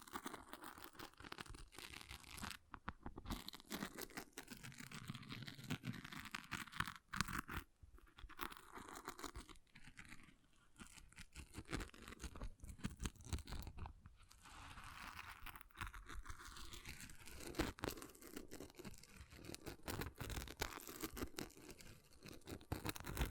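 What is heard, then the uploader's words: Continuous scratching of an object, dense and uneven, with rough crunchy scrapes and brief pauses near 7 and 14 seconds. ASMR Brain Melting Object Scratching (No Talking).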